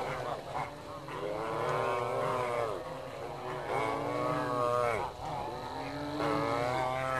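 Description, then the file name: Dalmatian pelican calls: long hoarse moaning notes that bend down and up, one after another, above a constant low droning hum. "Pelecanus-crispus-Dalmatian-Pelican-Къдроглав-пеликан"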